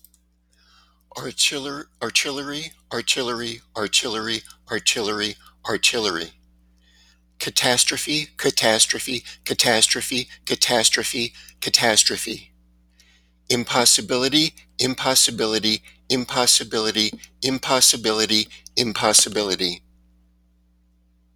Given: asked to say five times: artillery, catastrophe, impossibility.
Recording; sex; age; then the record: three words, each repeated; male; 40 to 49 years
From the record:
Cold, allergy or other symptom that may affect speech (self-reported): no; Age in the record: 47 years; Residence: Arizona, United States